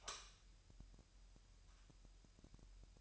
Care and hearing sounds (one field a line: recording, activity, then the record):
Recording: daily activity, microphone in the room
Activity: light on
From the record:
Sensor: 2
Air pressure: 1001.8 hPa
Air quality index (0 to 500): 241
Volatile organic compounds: 32 ppm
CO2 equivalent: 2993 ppm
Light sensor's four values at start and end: 4/10/4/4 and 9/27/11/10